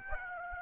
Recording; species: mosquito wingbeat signal from an infrared sensor; Aedes aegypti